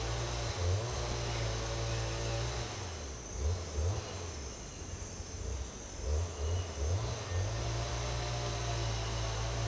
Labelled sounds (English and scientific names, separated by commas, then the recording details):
none
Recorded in secondary vegetation near Puerto Asís, Putumayo, Colombia, on 20 December 2024 at 06:30
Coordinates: 0.468, -76.324
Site G095